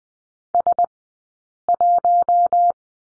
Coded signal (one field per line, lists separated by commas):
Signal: Morse code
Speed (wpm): 20 wpm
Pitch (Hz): 700 Hz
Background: none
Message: S1